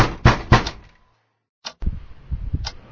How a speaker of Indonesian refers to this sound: Jadi setelah berkumpul, bercanda, rame, berisik sampai sekitar jam 11:30 atau jam 12 ya saya lupa. Itu ada suara gedoran dari pintu itu.